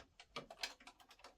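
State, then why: Seated. A bobbin case is reinserted into the rotary hook of a Brother multi-needle embroidery machine after the machine has been oiled. Light, rapid tapping sounds surround a sharp click at 0.4 s, followed by another bright snap at about 0.6 s. The bobbin case clicks into place and is seated.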